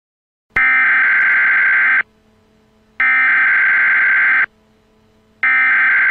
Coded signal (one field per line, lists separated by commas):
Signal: Emergency Alert System (SAME) tones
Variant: header bursts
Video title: Emergency Alert System Tornado Warning Divide County, ND